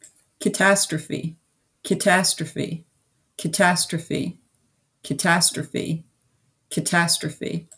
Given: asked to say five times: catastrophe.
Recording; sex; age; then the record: repeated word; female; 50 to 59 years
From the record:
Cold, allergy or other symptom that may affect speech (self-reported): no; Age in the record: 56 years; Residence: Pennsylvania, United States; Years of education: 16